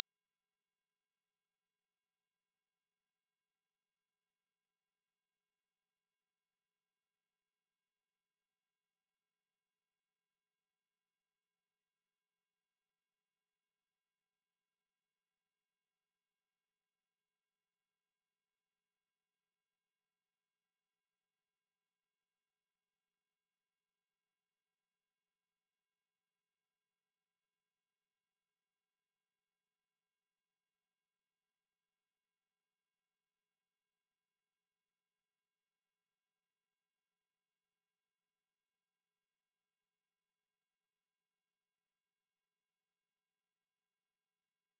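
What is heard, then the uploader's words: A pure sine tone at 5744 Hz holds perfectly steady for the full forty-five seconds. It is a single thin, bright whistle with no wavering, pulses or breaks, and no other sounds behind it. The level stays constant from start to finish. 5744 Hz 1 Hz Interval Sine Pure Tone Frequency 441000 Sample Mono.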